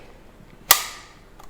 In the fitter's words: okay that's the lid locked in